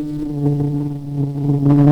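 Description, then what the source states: Red-tailed bumblebee buzz, a steady low droning hum with rich stacked overtones, wavering slightly in pitch and swelling louder toward the end. Red-tailed bumblebee queens.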